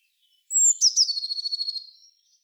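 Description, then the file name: Eurasian blue tit call opening with a high thin descending note and breaking into a quick buzzy churr of many pulses. "Cyanistes caeruleus"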